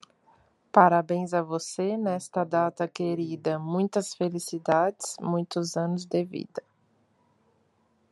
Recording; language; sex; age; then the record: short text; Brazilian Portuguese; female; 30 to 39 years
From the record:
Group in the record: control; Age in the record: 31 years